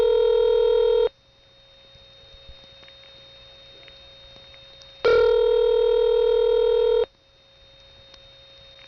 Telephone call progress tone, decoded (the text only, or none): ringback tone